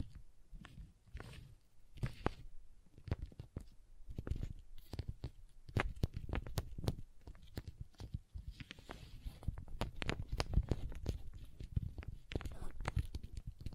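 Crayons tap and scrape in a quick, irregular patter of sharp clicks, with dull low knocks under many strikes. The taps come in uneven bursts throughout, thickening after the midpoint, with short scratchy strokes between them and brief quiet gaps.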